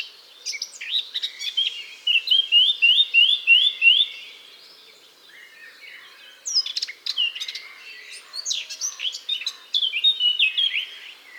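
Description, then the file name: Eurasian blackcap warbling, with a run of about six repeated clear slurred whistles, a quieter pause, then more fast varied phrases. "Sylvia atricapilla"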